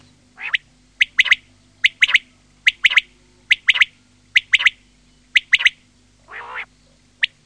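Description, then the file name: Common quail giving rapid three-note phrases, repeated about once a second, with a couple of rough nasal calls. "QUAGLIA"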